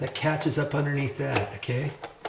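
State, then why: Not seated. Someone talks while the thin plastic lens cover of an under-cabinet fluorescent light fixture is handled and hooked under a lip of the housing, with a brief sharp sound right at the end near 2.3 s. The cover has not snapped into place yet; nothing has seated or clicked.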